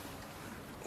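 A brittle plastic injector return pipe fitting is pushed onto a diesel injector on an Astra H 1.3 CDTi during a leak-off pipe replacement. A low, steady rumbling noise runs throughout, ending in a brief, sharp burst at about 0.9 s. Nothing has seated or clicked yet; the fitting will not go in and may need a tap.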